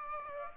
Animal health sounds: mosquito wingbeat signal from an infrared sensor; Aedes aegypti

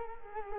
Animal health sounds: mosquito wingbeat signal from an infrared sensor; Culex quinquefasciatus

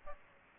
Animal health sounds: mosquito wingbeat signal from an infrared sensor; Aedes aegypti

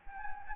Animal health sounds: mosquito wingbeat signal from an infrared sensor; Anopheles gambiae

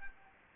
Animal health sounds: mosquito wingbeat signal from an infrared sensor; Aedes albopictus

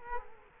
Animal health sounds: mosquito wingbeat signal from an infrared sensor; Culex quinquefasciatus

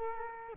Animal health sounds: mosquito wingbeat signal from an infrared sensor; Culex quinquefasciatus

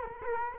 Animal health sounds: mosquito wingbeat signal from an infrared sensor; Culex quinquefasciatus

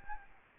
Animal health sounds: mosquito wingbeat signal from an infrared sensor; Aedes albopictus

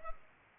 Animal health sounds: mosquito wingbeat signal from an infrared sensor; Culex pipiens

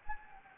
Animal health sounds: mosquito wingbeat signal from an infrared sensor; Anopheles gambiae

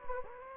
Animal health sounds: mosquito wingbeat signal from an infrared sensor; Anopheles gambiae

